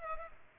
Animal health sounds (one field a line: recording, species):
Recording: mosquito wingbeat signal from an infrared sensor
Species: Culex pipiens